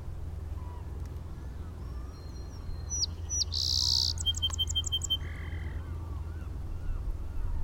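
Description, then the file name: Song sparrow singing: a couple of sharp introductory notes, a loud buzz, a fast run of repeated tones and a low buzzy close, amid constant low rumbling background. Heard at Inner Point in 2012. "SOSP Inner Point"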